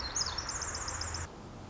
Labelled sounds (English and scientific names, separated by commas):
Pacific Wren (Troglodytes pacificus)